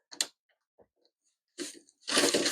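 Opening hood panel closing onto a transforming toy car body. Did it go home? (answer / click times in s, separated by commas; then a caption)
no / none. The opened hood of a die-cast metal and plastic transforming toy car is lowered back down over the engine, producing a couple of sharp taps near the start, a few faint ticks, then louder rustling handling noise from about 1.6 s and again from 2.1 s. The hood does not snap in and has to be done separately; nothing has clicked or latched shut.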